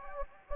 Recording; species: mosquito wingbeat signal from an infrared sensor; Anopheles gambiae